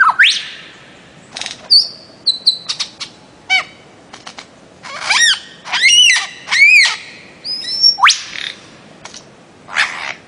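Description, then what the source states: Bird-of-paradise calling with high upward sweeps, clicks, and a short run of arched notes, against quiet hiss. Master song used for training songbirds.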